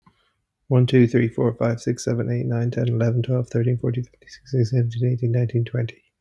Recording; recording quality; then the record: counting at a fast pace; excellent, no background noise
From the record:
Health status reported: healthy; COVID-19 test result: not tested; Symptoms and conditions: none ticked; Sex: male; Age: 29 years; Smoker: not ticked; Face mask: not worn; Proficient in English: yes